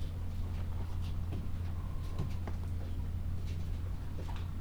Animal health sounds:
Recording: poultry house recording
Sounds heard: sick chickens (respiratory disease)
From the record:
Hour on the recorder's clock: 12

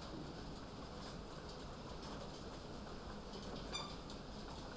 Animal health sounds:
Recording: poultry house recording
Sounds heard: sick chickens (respiratory disease)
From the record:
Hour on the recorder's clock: 1

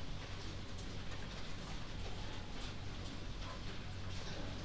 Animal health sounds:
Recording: poultry house recording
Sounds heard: healthy chickens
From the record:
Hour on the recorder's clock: 22

